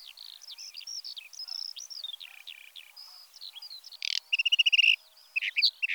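Whinchat singing a rapid, varied jumble of high whistles and scratchy notes, followed by a quick run of repeated buzzy notes and a few louder chirps.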